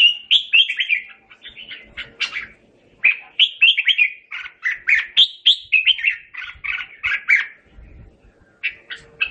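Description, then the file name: Red-whiskered bulbul singing bright, bubbling warbled phrases in quick clusters, with short pauses between bursts; a few faint low thumps underneath. Bird singing, calling to the flock. "Tieng chim Chao Mao hot goi bay"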